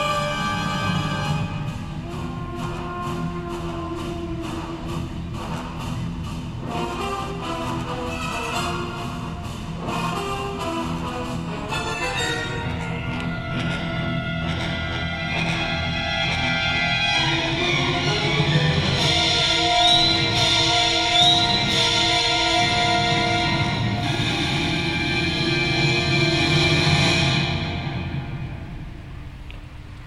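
Walking through Animal Kingdom, music with steady held tones and a light beat fills the air, swelling past midway and softening near the end.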